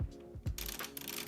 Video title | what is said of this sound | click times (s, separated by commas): *Giveaway Alert* Valencia Tuscany Home Theater Seats Unboxing | it's very satisfying with that little click that they have | 1.0 s, 1.1 s